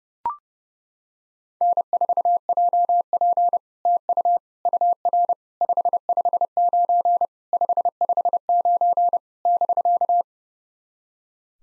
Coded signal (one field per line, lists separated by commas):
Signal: Morse code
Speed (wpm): 30 wpm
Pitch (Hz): 700 Hz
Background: none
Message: N4JP TU UR 559 559 <BK>